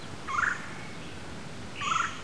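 Red-bellied woodpecker giving two short rolling churr calls about one and a half seconds apart over a steady hiss of background noise.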